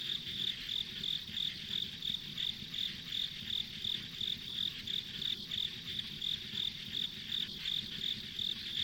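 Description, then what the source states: Insects chirping in steady, evenly spaced high pulses, about three per second, over a dense high hiss of further insects and low rumbling noise. Ambient insect sounds on a rural country road.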